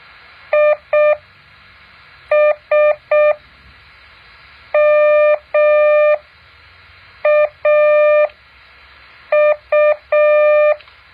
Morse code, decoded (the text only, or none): ISMAU